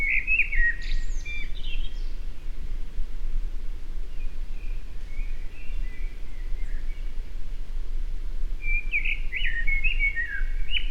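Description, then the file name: Eurasian blackbird delivering rich whistled phrases: one opens with a high squeaky flourish, a soft fragment follows midway, and a fuller warble closes, over low steady rumble. "Turdus merula"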